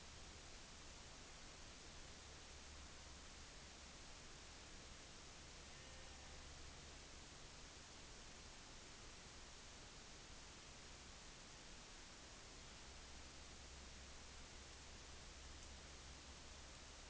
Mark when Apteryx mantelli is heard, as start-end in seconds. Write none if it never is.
none